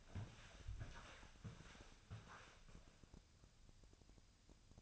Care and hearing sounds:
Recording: daily activity, microphone in the room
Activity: walk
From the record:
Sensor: 2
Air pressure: 1000.3 hPa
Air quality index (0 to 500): 162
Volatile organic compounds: 3 ppm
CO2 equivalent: 1354 ppm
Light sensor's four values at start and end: 15/40/16/18 and 15/39/16/18

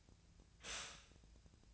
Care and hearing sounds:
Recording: daily activity, microphone in the room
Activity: stop toaster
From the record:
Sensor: 2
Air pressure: 1009.1 hPa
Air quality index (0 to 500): 185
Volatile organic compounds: 11 ppm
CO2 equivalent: 2299 ppm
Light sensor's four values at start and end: 23/56/24/26 and 23/56/24/26

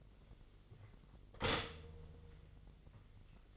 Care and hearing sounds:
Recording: daily activity, microphone in the room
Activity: stop toaster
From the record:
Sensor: 4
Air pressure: 1002.9 hPa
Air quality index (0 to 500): 236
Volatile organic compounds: 16 ppm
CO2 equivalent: 2562 ppm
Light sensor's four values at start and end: 21/74/27/27 and 20/68/25/25

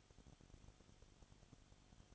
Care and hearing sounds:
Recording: daily activity, microphone in the room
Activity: no activity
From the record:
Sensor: 4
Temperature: 22.7 degrees Celsius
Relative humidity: 31.7%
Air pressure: 995.4 hPa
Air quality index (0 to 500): 158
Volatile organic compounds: 2 ppm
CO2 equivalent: 1256 ppm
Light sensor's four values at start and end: 2/3/1/1 and 2/3/1/1

